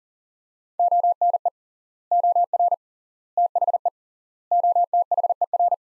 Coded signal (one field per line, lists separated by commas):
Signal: Morse code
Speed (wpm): 40 wpm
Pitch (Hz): 700 Hz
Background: none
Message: ONE OR THE OTHER